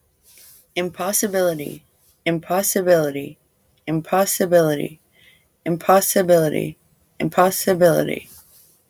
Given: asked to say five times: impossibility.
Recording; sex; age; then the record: repeated word; female; 20 to 29 years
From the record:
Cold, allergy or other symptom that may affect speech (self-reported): no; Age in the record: 28 years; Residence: United States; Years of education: 12